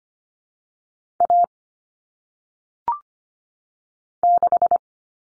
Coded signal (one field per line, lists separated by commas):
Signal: Morse code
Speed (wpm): 25 wpm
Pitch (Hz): 700 Hz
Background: none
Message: A 6